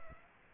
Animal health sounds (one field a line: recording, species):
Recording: mosquito wingbeat signal from an infrared sensor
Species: Aedes aegypti